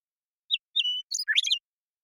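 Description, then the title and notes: Western meadowlark singing a brief whistled opening note and a sustained whistle, followed by a rapid burbling cascade of varied notes; no other sounds. Song; Pacific Northwest, Washington, United States. "Western Meadowlark, Sturnella neglecta, song, contact calls, and flush, family: Troupials and Allies Pacific Northwest in Washington, United States"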